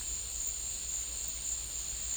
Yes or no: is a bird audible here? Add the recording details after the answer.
no. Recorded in dense forest near Puerto Asís, Putumayo, Colombia, on 21 December 2024 at 13:30. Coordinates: 0.486, -76.317. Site G003